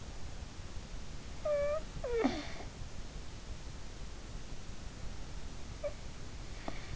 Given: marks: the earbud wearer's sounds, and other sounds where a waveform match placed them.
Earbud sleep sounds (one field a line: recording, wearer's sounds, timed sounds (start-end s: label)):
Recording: sounds in sleep by an in-ear microphone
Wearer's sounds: snoring breath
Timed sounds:
1.51-2.51 s: snoring breath
5.85-6.96 s: snoring breath